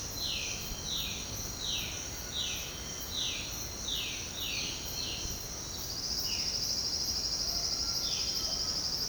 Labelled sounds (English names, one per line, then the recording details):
Violaceous Jay
Cinereous Tinamou
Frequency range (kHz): Violaceous Jay 1.5-4.5 kHz; Cinereous Tinamou 1.0-1.8 kHz
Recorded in secondary vegetation near Puerto Asís, Putumayo, Colombia, on 13 March 2025 at 07:00
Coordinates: 0.498, -76.327
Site G001